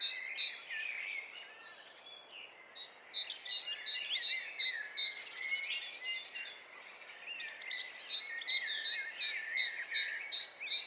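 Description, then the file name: Great tit singing bouts of clear, evenly spaced phrases, with twittering from other birds between and throughout. "Parus major"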